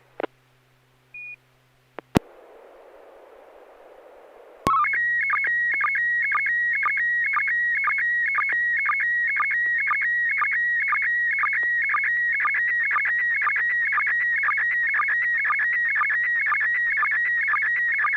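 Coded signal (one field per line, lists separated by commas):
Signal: SSTV (slow-scan television)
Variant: PD120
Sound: a few beeps and a burst of hiss, then a steady warbling scan tone with rhythmic clicks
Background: FM radio hiss, low hum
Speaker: All right, Bob, thank you. N6PGQ, net control asks for you to give it a go. Okay, this is going to be on PD 120.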